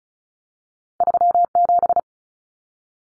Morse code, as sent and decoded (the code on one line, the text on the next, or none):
...-- --...
37